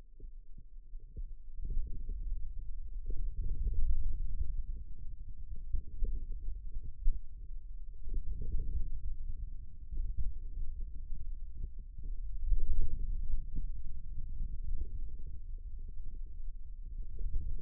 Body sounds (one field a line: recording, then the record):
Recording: forearm muscle sounds (acoustic myography)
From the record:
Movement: wrist extension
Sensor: system 2, bracelet of six BSWA MPA416 microphones around the upper forearm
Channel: 4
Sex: male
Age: 22 years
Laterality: right